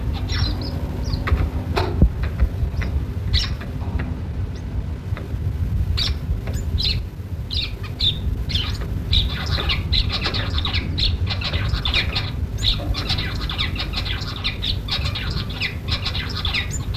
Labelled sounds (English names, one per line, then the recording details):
Cut-throat Finch call
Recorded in captivity
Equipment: Halbspur, 9,5 cm/s
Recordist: Lütgens, Hans
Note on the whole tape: Zunächst Erregungsruf des Weibchens, dann Männchen